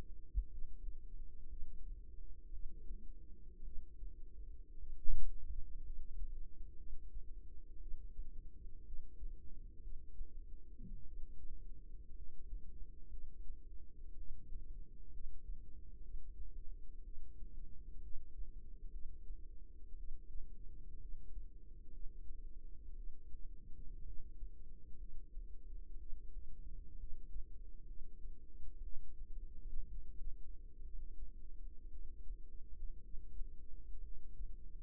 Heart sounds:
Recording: heart sounds by microphone in the right ear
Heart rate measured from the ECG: 59 bpm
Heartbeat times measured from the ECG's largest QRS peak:
0.48 s: heartbeat
1.47 s: heartbeat
2.50 s: heartbeat
3.62 s: heartbeat
4.77 s: heartbeat
5.82 s: heartbeat
6.76 s: heartbeat
7.78 s: heartbeat
8.82 s: heartbeat
9.80 s: heartbeat
11.04 s: heartbeat
12.12 s: heartbeat
13.09 s: heartbeat
14.15 s: heartbeat
15.10 s: heartbeat
16.01 s: heartbeat
17.02 s: heartbeat
17.99 s: heartbeat
18.90 s: heartbeat
19.95 s: heartbeat
20.98 s: heartbeat
21.90 s: heartbeat
22.94 s: heartbeat
24.03 s: heartbeat
24.96 s: heartbeat
25.96 s: heartbeat
26.96 s: heartbeat
27.85 s: heartbeat
28.81 s: heartbeat
29.87 s: heartbeat
30.82 s: heartbeat
31.89 s: heartbeat
33.00 s: heartbeat
34.00 s: heartbeat
From the record:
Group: healthy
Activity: rest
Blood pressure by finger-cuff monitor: 93/65 mmHg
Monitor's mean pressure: 73 mmHg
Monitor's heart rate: 59 bpm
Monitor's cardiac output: 4.3 L/min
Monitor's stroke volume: 72 mL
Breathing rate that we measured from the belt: 19 breaths a minute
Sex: female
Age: 36 years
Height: 163 cm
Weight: 88 kg

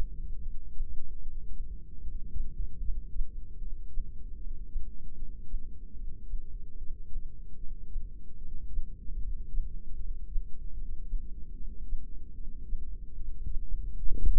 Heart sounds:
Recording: heart sounds by microphone in the right ear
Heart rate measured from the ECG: 75 bpm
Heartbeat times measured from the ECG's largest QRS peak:
0.41 s: heartbeat
1.22 s: heartbeat
2.02 s: heartbeat
2.81 s: heartbeat
3.59 s: heartbeat
4.37 s: heartbeat
5.15 s: heartbeat
5.95 s: heartbeat
6.77 s: heartbeat
7.57 s: heartbeat
8.38 s: heartbeat
9.19 s: heartbeat
9.97 s: heartbeat
10.75 s: heartbeat
11.54 s: heartbeat
12.34 s: heartbeat
13.15 s: heartbeat
13.97 s: heartbeat
From the record:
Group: heart failure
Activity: rest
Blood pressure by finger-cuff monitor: 193/116 mmHg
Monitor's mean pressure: 140 mmHg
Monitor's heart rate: 75 bpm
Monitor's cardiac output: 7.6 L/min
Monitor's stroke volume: 101 mL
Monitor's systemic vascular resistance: 1380 dyn s/cm5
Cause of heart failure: non-ischemic cardiomyopathy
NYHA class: 1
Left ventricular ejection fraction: 62%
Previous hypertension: present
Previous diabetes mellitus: present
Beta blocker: bisoprolol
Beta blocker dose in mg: 10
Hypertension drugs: sacubitril-valsartan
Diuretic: furosemide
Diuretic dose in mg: 20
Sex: male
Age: 49 years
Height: 167 cm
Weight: 110 kg

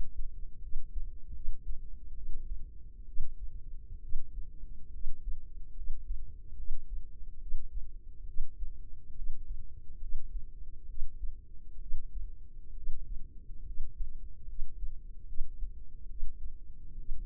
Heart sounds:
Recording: heart sounds by microphone in the left ear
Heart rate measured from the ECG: 70 bpm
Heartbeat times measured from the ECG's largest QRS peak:
0.60 s: heartbeat
1.33 s: heartbeat
2.14 s: heartbeat
3.06 s: heartbeat
4.01 s: heartbeat
4.91 s: heartbeat
5.74 s: heartbeat
6.56 s: heartbeat
7.39 s: heartbeat
8.25 s: heartbeat
9.14 s: heartbeat
9.99 s: heartbeat
10.86 s: heartbeat
11.79 s: heartbeat
12.74 s: heartbeat
13.64 s: heartbeat
14.45 s: heartbeat
15.25 s: heartbeat
16.07 s: heartbeat
16.95 s: heartbeat
From the record:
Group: healthy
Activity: cold pressor test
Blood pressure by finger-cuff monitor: 101/61 mmHg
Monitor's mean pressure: 74 mmHg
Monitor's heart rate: 71 bpm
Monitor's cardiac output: 5.9 L/min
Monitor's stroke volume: 86 mL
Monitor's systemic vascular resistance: 900 dyn s/cm5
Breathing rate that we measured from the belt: 13 breaths a minute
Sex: female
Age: 23 years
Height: 160 cm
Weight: 50.4 kg

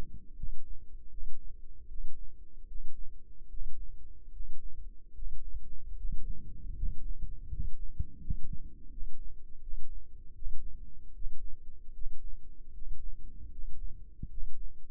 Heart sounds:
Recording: heart sounds by microphone in the left ear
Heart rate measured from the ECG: 77 bpm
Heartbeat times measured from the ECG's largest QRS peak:
0.34 s: heartbeat
1.08 s: heartbeat
1.86 s: heartbeat
2.65 s: heartbeat
3.47 s: heartbeat
4.30 s: heartbeat
5.12 s: heartbeat
5.94 s: heartbeat
6.73 s: heartbeat
7.47 s: heartbeat
8.18 s: heartbeat
8.88 s: heartbeat
9.59 s: heartbeat
10.33 s: heartbeat
11.12 s: heartbeat
11.92 s: heartbeat
12.71 s: heartbeat
13.49 s: heartbeat
14.28 s: heartbeat
From the record:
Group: healthy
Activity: rest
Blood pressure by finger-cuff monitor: 120/77 mmHg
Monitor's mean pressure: 88 mmHg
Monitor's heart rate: 77 bpm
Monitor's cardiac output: 6.1 L/min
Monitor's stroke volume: 78 mL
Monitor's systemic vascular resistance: 980 dyn s/cm5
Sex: male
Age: 35 years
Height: 180 cm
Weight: 86.9 kg

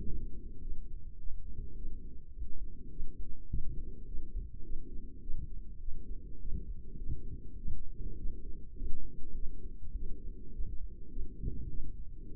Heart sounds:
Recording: heart sounds by microphone in the right ear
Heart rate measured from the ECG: 103 bpm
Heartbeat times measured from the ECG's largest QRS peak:
0.05 s: heartbeat
0.62 s: heartbeat
1.19 s: heartbeat
1.76 s: heartbeat
2.33 s: heartbeat
2.91 s: heartbeat
3.49 s: heartbeat
4.07 s: heartbeat
4.63 s: heartbeat
5.21 s: heartbeat
5.81 s: heartbeat
6.39 s: heartbeat
6.98 s: heartbeat
7.58 s: heartbeat
8.18 s: heartbeat
8.76 s: heartbeat
9.35 s: heartbeat
9.95 s: heartbeat
10.52 s: heartbeat
11.10 s: heartbeat
11.69 s: heartbeat
12.28 s: heartbeat
From the record:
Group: healthy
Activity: rest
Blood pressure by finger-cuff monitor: 163/81 mmHg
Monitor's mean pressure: 101 mmHg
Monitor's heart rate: 105 bpm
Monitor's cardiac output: 9.2 L/min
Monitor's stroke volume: 87 mL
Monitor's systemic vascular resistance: 770 dyn s/cm5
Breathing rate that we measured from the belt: 28 breaths a minute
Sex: female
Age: 22 years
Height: 154 cm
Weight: 58.7 kg

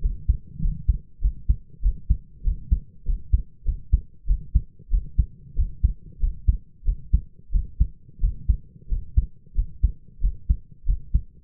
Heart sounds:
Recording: heart sounds by stethoscope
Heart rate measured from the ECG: 94 bpm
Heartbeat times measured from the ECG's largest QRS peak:
0.01 s: heartbeat
0.61 s: heartbeat
1.21 s: heartbeat
1.82 s: heartbeat
2.43 s: heartbeat
3.05 s: heartbeat
3.64 s: heartbeat
4.26 s: heartbeat
4.90 s: heartbeat
5.55 s: heartbeat
6.19 s: heartbeat
6.84 s: heartbeat
7.51 s: heartbeat
8.20 s: heartbeat
8.88 s: heartbeat
9.54 s: heartbeat
10.21 s: heartbeat
10.85 s: heartbeat
From the record:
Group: healthy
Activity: rest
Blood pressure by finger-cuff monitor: 109/66 mmHg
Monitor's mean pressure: 78 mmHg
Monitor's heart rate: 92 bpm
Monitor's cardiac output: 6.7 L/min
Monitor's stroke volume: 70 mL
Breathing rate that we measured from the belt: 21 breaths a minute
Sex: male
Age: 22 years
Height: 181 cm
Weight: 60 kg

